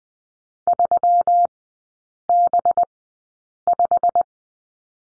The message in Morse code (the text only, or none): 3B5